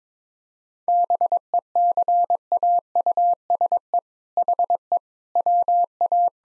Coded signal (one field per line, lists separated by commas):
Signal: Morse code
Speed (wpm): 22 wpm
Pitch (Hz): 700 Hz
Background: none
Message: BECAUSE HE WA